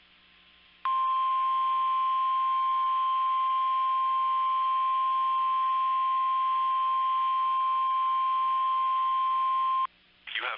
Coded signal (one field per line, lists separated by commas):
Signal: Emergency Alert System (SAME) tones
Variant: 1050 Hz attention tone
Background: speech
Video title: EAS Alerts from the week of 11/21/2020 EAS#34 37